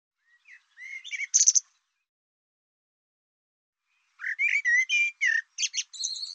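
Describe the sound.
Bird gives a quick burst of chirpy, slurred notes, falls silent for about two and a half seconds, then returns with a faster string of bright, varied chirps.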